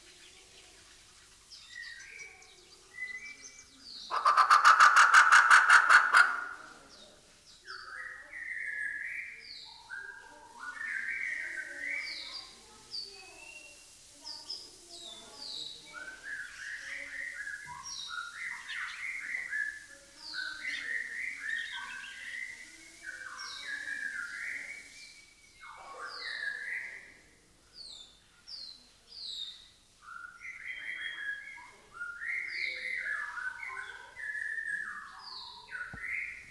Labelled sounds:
White-rumped Shama

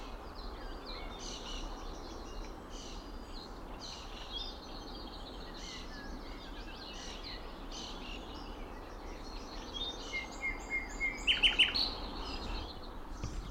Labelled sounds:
Common Nightingale

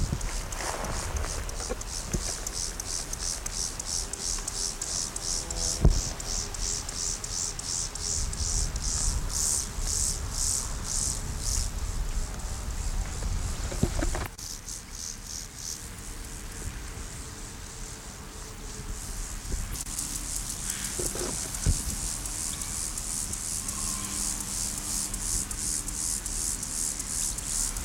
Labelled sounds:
Meadow Grasshopper stridulation

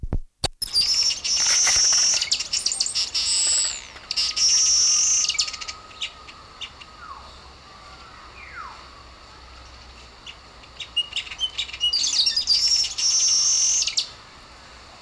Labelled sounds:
Black-headed Weaver call

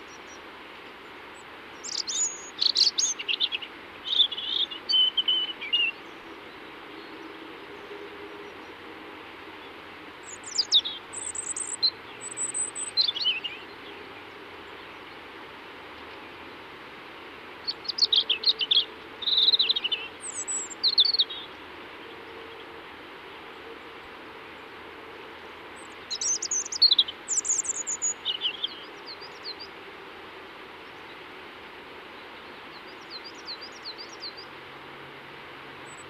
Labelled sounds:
European Robin song

